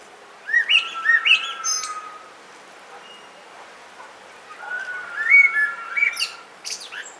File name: Turdus merula